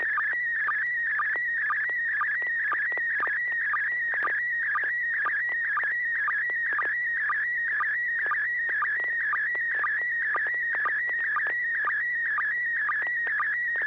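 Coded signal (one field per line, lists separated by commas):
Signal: SSTV (slow-scan television)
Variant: PD120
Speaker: this will be pd120 and I actually don't know what this is so we'll we'll figure it out together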